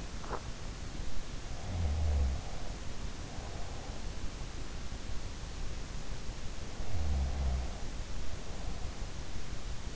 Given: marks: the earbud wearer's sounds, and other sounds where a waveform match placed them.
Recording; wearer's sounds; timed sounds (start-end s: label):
sounds in sleep by an in-ear microphone; teeth grinding
0.00-0.64 s: teeth grinding
1.35-4.36 s: sound from someone else or the room
6.65-9.01 s: sound from someone else or the room